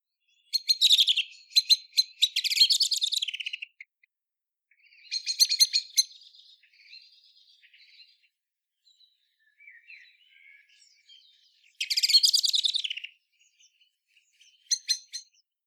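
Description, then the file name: Common blackbird giving harsh, rapid chattering bursts of high notes in several loud bursts, with softer scattered notes in between. "Turdus merula"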